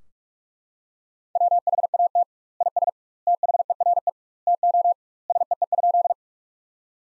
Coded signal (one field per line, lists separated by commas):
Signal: Morse code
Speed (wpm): 43 wpm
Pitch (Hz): 700 Hz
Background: none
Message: WHAT IS THERE TO SEE?